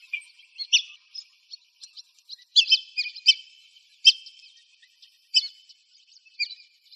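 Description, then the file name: Black-bellied whistling duck giving high whistled notes, some sliding, scattered irregularly with brief pauses. Arizona, 6 October 2002. "BBWD deviche"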